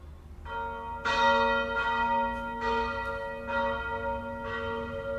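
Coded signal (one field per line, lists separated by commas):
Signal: bell signal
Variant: battiore, five-bell peal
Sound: church bells struck in succession, ringing tones overlapping with long resonant decay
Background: outdoor ambience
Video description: Battiore e Plenum (dura 2 minuti) delle 18:00 per la Messa prefestiva delle 18:30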